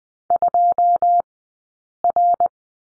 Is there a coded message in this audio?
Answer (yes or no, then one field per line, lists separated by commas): yes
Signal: Morse code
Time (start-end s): 0.3-2.5 s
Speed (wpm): 20 wpm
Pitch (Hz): 700 Hz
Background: none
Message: 2R